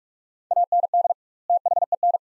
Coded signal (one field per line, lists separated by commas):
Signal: Morse code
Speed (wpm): 43 wpm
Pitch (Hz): 700 Hz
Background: none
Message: AND THEN